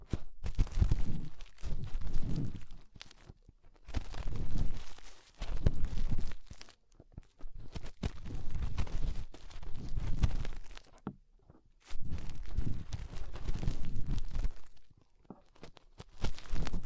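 A finger rubs and works inside the ear, producing loud, low scraping and thudding rumbles that come in bursts of one to two seconds. Between bursts there are short near-silent gaps, with crackly, crunchy textures riding on top of the rubbing.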